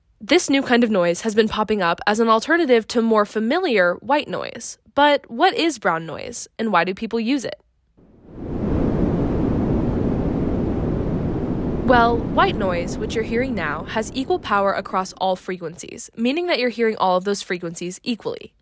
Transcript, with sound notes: This new kind of noise has been popping up as an alternative to the more familiar white noise, but what is brown noise and why do people use it? [White noise] Well, white noise, which you’re hearing now, has equal power across all frequencies, meaning that you’re hearing all of those frequencies equally.